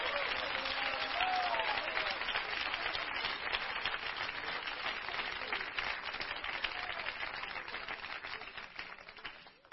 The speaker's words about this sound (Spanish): Hermano, ese aplauso es para el alcalde de Alejandría, ¿verdad?